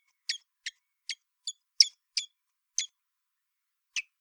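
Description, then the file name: Common blackbird giving a quick series of loud, sharp chink notes, seven in fairly even succession, then one more after a pause. "Turdus merula"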